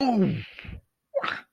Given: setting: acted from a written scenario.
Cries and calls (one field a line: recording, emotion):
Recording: vocal sound without words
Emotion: pain